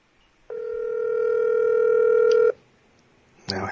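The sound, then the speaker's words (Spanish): An outgoing WhatsApp call to someone, placed again after an unanswered first try, rings with a single steady electronic tone lasting about two seconds, rising slightly in loudness, then stops; after a short pause a voice briefly begins speaking. “Déjame llamarlo otra vez.”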